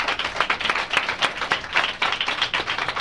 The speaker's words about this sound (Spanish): Eso, aplauda al Señor si quiere hacerlo esta mañana. Gloria a Dios.